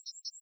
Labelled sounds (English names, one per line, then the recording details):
Yellowhammer song
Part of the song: start
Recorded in the Czech Republic on 26 June 2014
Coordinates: 49.856, 13.953
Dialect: BhBl
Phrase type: B40
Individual h022